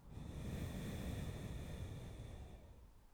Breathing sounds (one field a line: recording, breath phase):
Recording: one breath near a microphone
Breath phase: exhalation